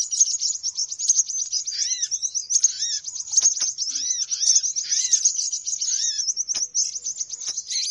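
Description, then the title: Birds chatter without pause, high rapid chirps layered over a series of arched whistled notes. Lure sound played to attract birds; title says many noisy birds gather close as soon as it is played. "Suara Pikat Burung Ribut"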